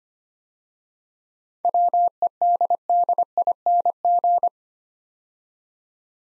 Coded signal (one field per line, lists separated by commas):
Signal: Morse code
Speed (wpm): 25 wpm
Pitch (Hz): 700 Hz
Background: none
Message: WEDDING